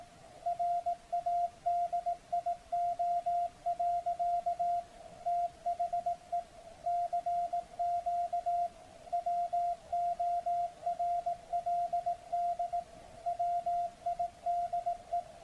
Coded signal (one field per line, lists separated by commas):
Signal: Morse code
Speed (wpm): 18 wpm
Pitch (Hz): 700 Hz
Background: radio noise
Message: RADIO. THE CQ WORLD WIDE